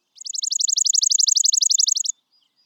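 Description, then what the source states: Chipping Sparrow song: a dry, rapid trill of many identical high chips lasting about two seconds, steady in pitch, then silence. Rusty brown mohawk.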